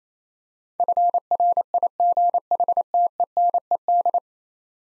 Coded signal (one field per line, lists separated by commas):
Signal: Morse code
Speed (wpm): 27 wpm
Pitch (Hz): 700 Hz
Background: none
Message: FRIGHTENED